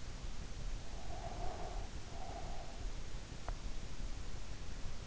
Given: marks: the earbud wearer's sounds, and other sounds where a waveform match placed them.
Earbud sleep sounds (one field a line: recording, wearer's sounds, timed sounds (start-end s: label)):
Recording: sounds in sleep by an in-ear microphone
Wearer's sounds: breath, swallowing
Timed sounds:
1.01-2.89 s: breath
3.33-3.68 s: swallowing